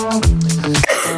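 A short, low, rough burst of throat clearing from an adult woman rises over a sustained musical tone, with a second brief catch near the end. It is an ordinary single throat clear, made live in a radio studio with music playing in the background.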